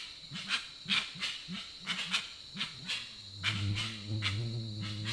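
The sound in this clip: Grey-winged trumpeter with several low hoots and sharp clicks, then a sustained deep humming drone taking over for the final two seconds.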